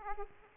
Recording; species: mosquito wingbeat signal from an infrared sensor; Aedes aegypti